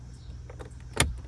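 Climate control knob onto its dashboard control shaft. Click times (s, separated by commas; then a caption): 1.0 s. A new plastic climate control knob with its indicator needle refitted is lined up with the groove and pushed onto its dashboard control shaft in a 2010-2023 Toyota 4Runner. A few faint ticks come first, then the knob pops on with one sharp, bright click at 1.0 s, seating it on the shaft.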